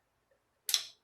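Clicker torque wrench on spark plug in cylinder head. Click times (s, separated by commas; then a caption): 0.7 s. A clicker torque wrench, held centered on an iridium spark plug in the cylinder head of a 2004 Toyota Camry 3.0L, is re-clicked at spec during a spark plug and ignition coil change. After near silence, one sharp metallic click sounds at 0.7 s with a brief ringing tail, and the plug does not move further. The torque is confirmed.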